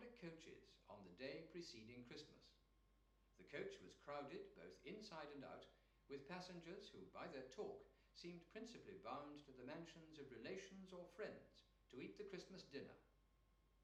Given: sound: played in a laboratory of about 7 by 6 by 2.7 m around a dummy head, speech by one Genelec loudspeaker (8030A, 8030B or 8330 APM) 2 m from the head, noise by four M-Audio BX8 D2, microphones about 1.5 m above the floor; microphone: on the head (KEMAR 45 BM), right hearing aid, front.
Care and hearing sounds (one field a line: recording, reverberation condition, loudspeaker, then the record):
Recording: male speech in English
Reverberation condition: medium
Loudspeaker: 60 degrees to the right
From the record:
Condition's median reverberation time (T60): about 510 ms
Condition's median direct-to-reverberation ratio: about -0.5 dB